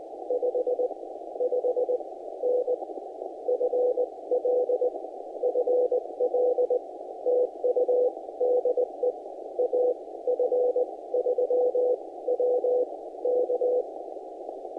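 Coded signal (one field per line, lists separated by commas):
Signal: Morse code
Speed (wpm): 20 wpm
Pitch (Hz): 500 Hz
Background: none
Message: 55N FL FL TU DE AF3W K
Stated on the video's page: Midday Morse contact attempts during a national park activation with a Yaesu ATAS-120A antenna mounted on a rental car.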